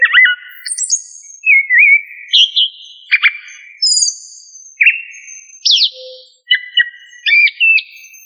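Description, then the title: Thrush song of separate whistled and slurred phrases, some rising, some falling, with brief buzzy trills and short pauses between phrases. "Familia Turdidae - Sabia"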